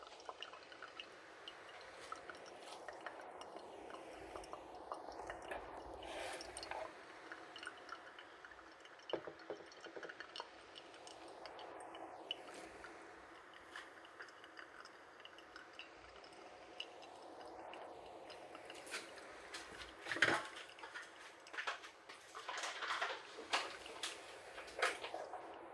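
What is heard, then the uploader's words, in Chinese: Quiet morning tea preparation, with soft water sounds, drips and gentle pouring running through the clip. Light clinks of cups and utensils come and go, with a brighter cluster of knocks and clatter near the twentieth second. ASMR早晨寧靜泡茶（環繞）。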